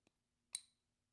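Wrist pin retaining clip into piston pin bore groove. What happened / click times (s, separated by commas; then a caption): The retaining clip snapped into its groove / 0.6 s. A steel SRW-012 wrist pin retaining clip is pressed by hand into the groove of the pin bore in an aluminum piston while the rods and pistons for an LS3 are assembled. A faint tick at about 0.1 s is followed by a sharp, bright snap at 0.6 s that rings briefly and fades. The clip is seated in its groove.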